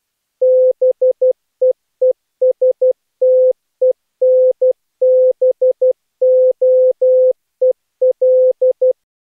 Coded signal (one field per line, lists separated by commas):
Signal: Morse code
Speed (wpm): 11 wpm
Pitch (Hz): 510 Hz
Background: none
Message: BEESTENBOEL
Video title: Daily Minutes, September 9, 2015 (Shortwave Version)